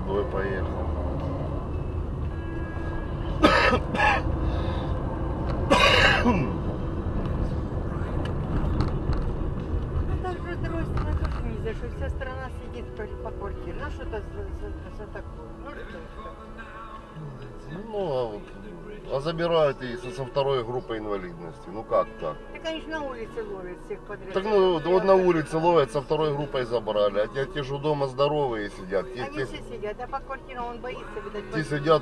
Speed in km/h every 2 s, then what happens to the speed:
28, 30, 36, 40, 38, 30, 8, 8, 1, 0, 0, 0, 0, 0, 0, 0.
0-7 speeds up to 40. 7-16 brakes to 1. 16-32 standing.